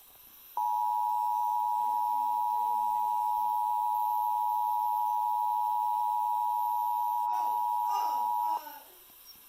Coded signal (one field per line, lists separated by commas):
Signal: Emergency Alert System (SAME) tones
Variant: 853 and 960 Hz attention tone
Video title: EAS 1336 TOR NWS Mobile